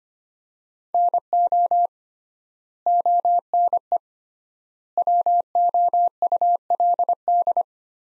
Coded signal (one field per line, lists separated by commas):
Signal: Morse code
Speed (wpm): 25 wpm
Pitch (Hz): 700 Hz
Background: none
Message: NO ONE WOULD